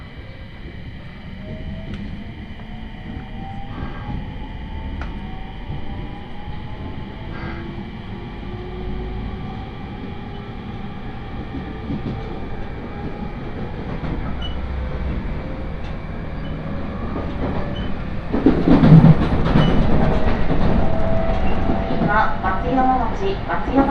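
Inside a JR 701-series train on the Tohoku Main Line heading from Sendai toward Kogota, a steady low rumble of the running carriage fills the ride. Faint rising motor whines sweep upward, and around eighteen seconds the noise grows louder and rougher with rattling.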